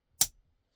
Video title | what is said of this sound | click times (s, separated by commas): Hypercut Cretin - I messed up on the Disassembly & Cleaning, but all's well that ends well! | that's snapped into place | 0.2 s